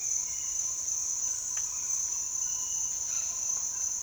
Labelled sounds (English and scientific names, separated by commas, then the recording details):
none
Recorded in dense forest near Puerto Asís, Putumayo, Colombia, on 23 June 2025 at 07:00
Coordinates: 0.466, -76.327
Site GP04